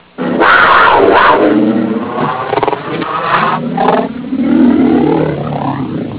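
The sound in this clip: Cougar giving harsh, rasping snarls, a loud sustained rough burst, then brief stuttering breaks and further drawn-out growling surges with a rising tone at the end.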